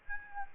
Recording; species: mosquito wingbeat signal from an infrared sensor; Aedes albopictus